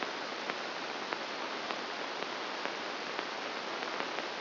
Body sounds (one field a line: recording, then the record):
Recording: brain microelectrode recording played as sound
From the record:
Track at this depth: inside the subthalamic nucleus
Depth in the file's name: 0.506 mm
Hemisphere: left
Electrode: 2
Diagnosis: Parkinson's disease